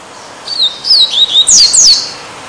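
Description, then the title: Double-collared Seedeater song: a brief series of high whistled slurs ending in two loud descending sweeps. "Canto Coleiro"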